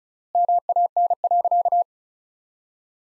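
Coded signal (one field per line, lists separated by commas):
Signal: Morse code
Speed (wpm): 36 wpm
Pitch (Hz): 700 Hz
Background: none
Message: MAN.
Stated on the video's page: Morse practice sentences from top 400 words at 35 wpm with 3x standard word spacing, a Farnsworth-like method applied to words.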